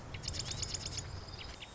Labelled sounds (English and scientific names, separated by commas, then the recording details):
Marsh Wren (Cistothorus palustris)
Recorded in Sonoma County, California